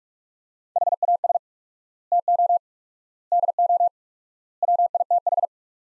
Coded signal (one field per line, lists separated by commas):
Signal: Morse code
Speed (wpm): 42 wpm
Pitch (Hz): 700 Hz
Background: none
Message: HAS TO DO WITH